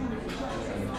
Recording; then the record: background sound without coughing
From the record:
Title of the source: 60 minutes of coffee shop sounds for study and concentration